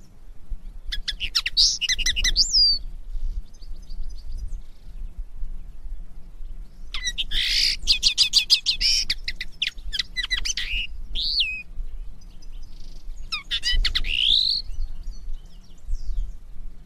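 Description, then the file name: Common linnet song in three bursts of rapid twittering, buzzy trills and short rising whistles, separated by pauses, over low background rumble. Song played to teach young birds, summer 2017. "CANTO DEL PARDILLO PARA EDUCAR NOVELES VERANO 2017 CARDUELIS CANNABINA"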